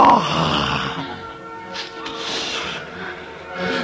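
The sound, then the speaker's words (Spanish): Heavy, raspy panting with low moans, the breaths coming in loud, uneven bursts over a steady throaty drone. “¡Un animal jadeante y ario!”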